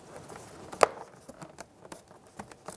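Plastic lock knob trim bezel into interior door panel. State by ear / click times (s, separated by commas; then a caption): seated / 0.8 s. A plastic door lock knob trim bezel on the rear driver's side door of a 1998-2002 Lincoln Navigator is hooked behind the interior door panel at the back, then its front is rolled into place. A sharp, bright click at 0.8 s marks the bezel snapping in, followed by a few faint ticks and light handling noise. The trim is seated securely in the door panel.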